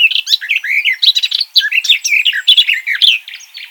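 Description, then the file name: Eurasian blackcap song: a fast, rich warble of varied scratchy and fluty notes, delivered continuously with no pauses. "Sylvia atricapilla"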